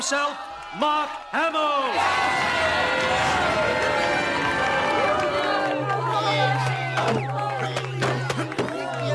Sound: cheering